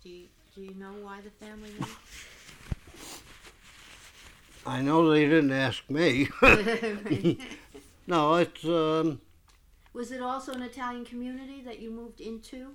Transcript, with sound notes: Do you know why the family moved?
I know they didn't ask me. ( they laugh )
Was it also an Italian community that you moved into?